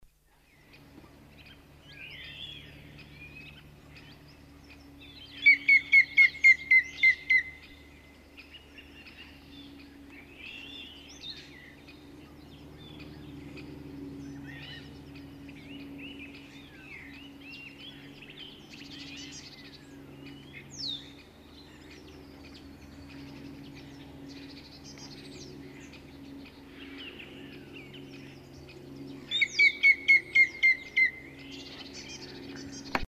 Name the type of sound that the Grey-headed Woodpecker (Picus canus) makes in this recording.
song